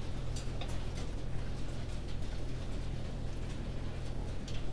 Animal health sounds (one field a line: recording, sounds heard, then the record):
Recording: poultry house recording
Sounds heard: no chicken sound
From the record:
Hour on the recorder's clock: 20